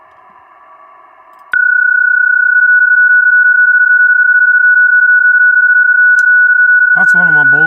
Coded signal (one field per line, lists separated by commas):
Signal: PSK31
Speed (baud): 31.25 baud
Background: speech